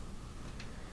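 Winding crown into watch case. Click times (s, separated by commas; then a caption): 0.6 s. A watch's winding crown is pulled out to stop the seconds disc, then pushed back into the case, seating with a single distinct click at 0.6 s. The click is a short, bright burst over a low background hum.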